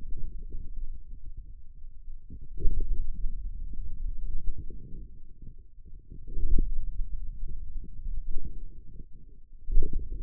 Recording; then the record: forearm muscle sounds (acoustic myography)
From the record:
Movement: pen grasping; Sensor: system 2, bracelet of six BSWA MPA416 microphones around the upper forearm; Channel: 6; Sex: male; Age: 22 years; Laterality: right